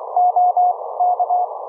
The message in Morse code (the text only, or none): OK